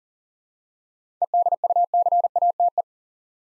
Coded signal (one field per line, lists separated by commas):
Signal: Morse code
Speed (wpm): 39 wpm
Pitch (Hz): 700 Hz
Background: none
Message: EDUCATE